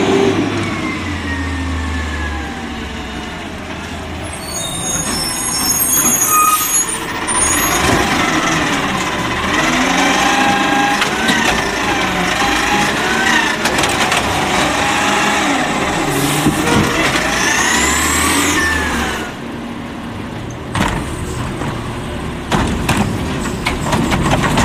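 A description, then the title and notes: A garbage truck works steadily, its engine rumbling low throughout with rising and falling whines as it revs. Hissing bursts come near 6–7 seconds and again around 16–18 seconds, and sharper clanks and knocks scatter through the middle and near the end. Garbage Trucks.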